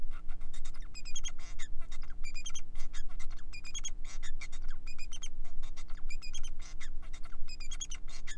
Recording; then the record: song of a male Bengalese finch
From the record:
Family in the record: son of father 4